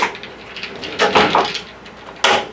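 The sliding bathroom door of a 2026 Cedar Creek Experience 39RKB fifth-wheel RV is slid along its track, with rolling, knocking sounds between about 1.0 and 1.5 s. Its travel latch is then engaged with a sharp, loud knock at 2.2 s. The latch catches and the door is held in place, so it won't slide around, bang and break while in transit.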